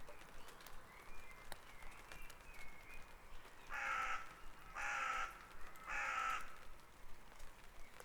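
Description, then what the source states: Bird calls: three loud, harsh, drawn-out cawing calls about a second apart in the second half, over a steady low background hiss and faint chirps. Dawn chorus recorded at Back Dragon Avenue, Harrogate, as part of a sound map of Harrogate.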